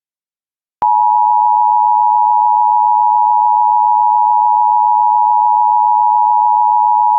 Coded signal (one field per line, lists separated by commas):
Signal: Emergency Alert System (SAME) tones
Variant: 853 and 960 Hz attention tone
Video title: EAS Child Abduction Emergency (AMBER Alert) Mansfield, Ohio Regional Alert